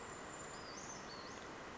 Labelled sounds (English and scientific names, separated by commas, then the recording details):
Brown Creeper (Certhia americana)
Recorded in Sonoma County, California